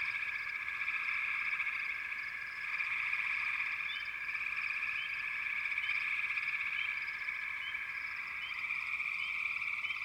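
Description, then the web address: Frog chorus droning steadily as a shrill pulsed trill, joined by a series of short rising chirps in the second half. Wild frog chorus from American wilderness. "The Natural Sounds of the Wilderness 10 CDs collection Echoes of Nature - American Wilds 04 Frog Chourus"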